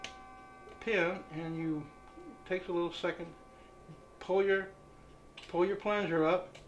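With a detent installation tool in a rifle lower receiver, someone talks while handling the spring-loaded metal takedown pin detent and pulling the tool's plunger up. Only speech and faint handling noise are heard. Nothing has seated or clicked yet.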